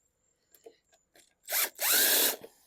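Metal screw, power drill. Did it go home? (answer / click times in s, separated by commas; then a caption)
no / none. A power drill drives a spare screw into the top of the housing of a 2019 Craftsman M210 lawn mower, after a few small taps and handling sounds around 0.5 to 1.4 seconds. The drill then whirs in two bursts, from about 1.5 to 1.7 seconds and from about 1.8 to 2.3 seconds, while the screw spins in the stripped hole without tightening. Nothing has seated or clicked; the thread is stripped.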